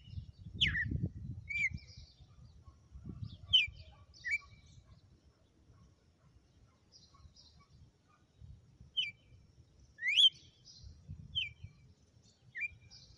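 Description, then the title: Red-cowled cardinal giving crisp whistled slurred notes in small groups separated by gaps, with low background rumble. Female; sang one lash (açoite) of song after another today. "Canto Galo Campina Fêmea. Galo de campina,hj foi um açoite atrás do outro"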